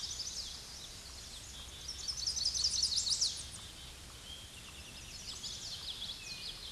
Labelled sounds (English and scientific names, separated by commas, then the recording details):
Chestnut-sided Warbler (Setophaga pensylvanica) song
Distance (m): 25 m
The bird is about 10 m above the microphone
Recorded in a Pennsylvania forest on 16 May 2024 at 08:26
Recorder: AudioMoth, point MSD-2429
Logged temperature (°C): 16.7 °C
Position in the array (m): 86 m, 63 m